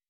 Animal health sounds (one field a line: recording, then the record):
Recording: hydrophone in a shrimp aquaculture tank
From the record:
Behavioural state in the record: weakened